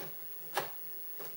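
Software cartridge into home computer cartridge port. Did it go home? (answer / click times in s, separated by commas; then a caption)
yes / 0.6 s. A software cartridge is pushed into the cartridge slot behind the flip-open door of a vintage Timex Sinclair TS2068 home computer. It makes a small, solid click at 0.6 s, followed by a fainter tick around 1.2 s. The cartridge seats firmly in its slot.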